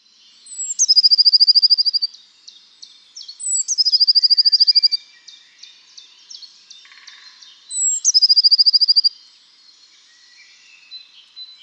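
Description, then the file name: Eurasian blue tit giving three bursts of song, each a sharp high note leading into a rapid, ringing trill, with faint soft calls in between. "Cyanistes caeruleus"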